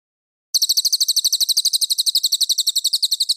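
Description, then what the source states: Cililin song: a high, rapid trill of evenly spaced, sharp pulses that starts suddenly and keeps going. Clear song.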